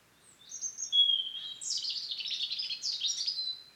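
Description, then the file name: European robin song: a thin, high warbled phrase that slides down, then a long run of rapid, tumbling twittering notes at a steady high pitch. "Erithacus rubecula"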